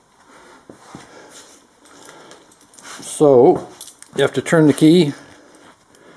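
An F150 ignition lock cylinder is handled at the steering column, with the key turned to line its locking pin up with the pin hole underneath the column before pushing it into the housing. Light metallic key and handling clicks come at about 0.7 s and between 2.1 and 2.8 s, someone talks from about 3.2 to 5.1 s, and a few small ticks follow near 5.6 and 6.0 s. The cylinder has not yet seated or clicked into place.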